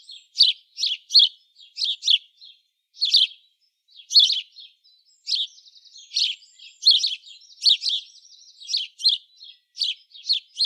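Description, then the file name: House Sparrow chirping: short, harsh cheep notes in quick irregular bursts, with brief pauses between clusters and a soft chattering run near the middle. "Passer domesticus"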